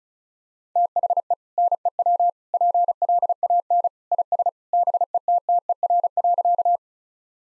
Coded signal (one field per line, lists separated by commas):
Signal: Morse code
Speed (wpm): 36 wpm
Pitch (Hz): 700 Hz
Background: none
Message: THE NEW PLAN IS BETTER.